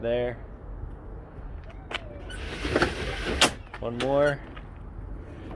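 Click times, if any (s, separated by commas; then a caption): 3.4 s. A roll-back tonneau cover on the bed rails of an F-150 truck is pushed forward another stage with a rolling, sliding rush of sound. It latches into place with a sharp click at 3.4 s. Someone talks before and after.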